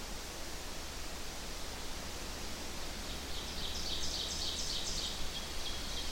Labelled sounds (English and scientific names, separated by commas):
Ovenbird (Seiurus aurocapilla) song